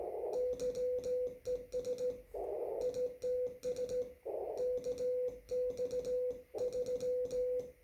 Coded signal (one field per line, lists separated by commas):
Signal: Morse code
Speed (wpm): 17 wpm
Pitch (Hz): 500 Hz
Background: none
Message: YES ITS KX3